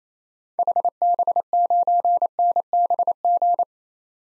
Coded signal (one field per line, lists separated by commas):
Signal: Morse code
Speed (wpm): 28 wpm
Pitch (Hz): 700 Hz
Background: none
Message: HB9NBG